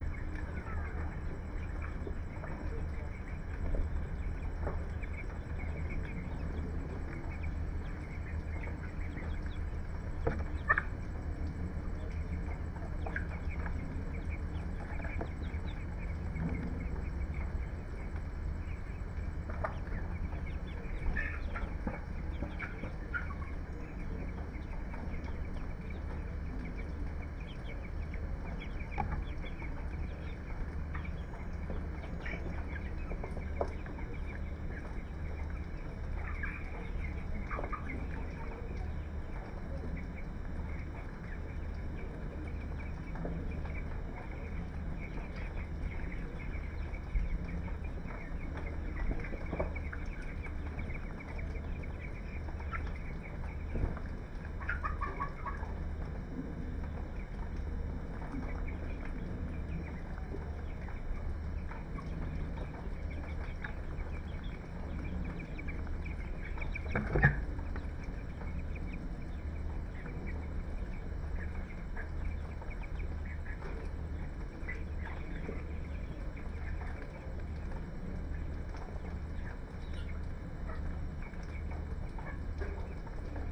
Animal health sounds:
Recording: poultry house recording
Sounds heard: healthy chickens

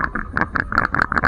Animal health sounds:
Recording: poultry house recording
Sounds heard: sick chickens (respiratory disease)

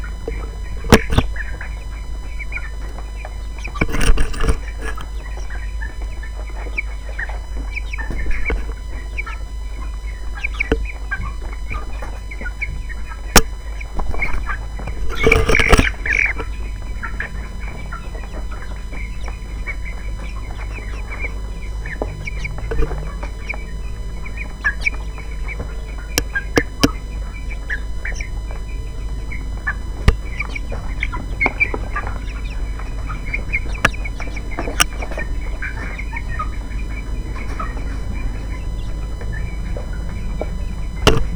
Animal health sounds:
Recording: poultry house recording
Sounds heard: background noise or bird activity such as feeding and pecking

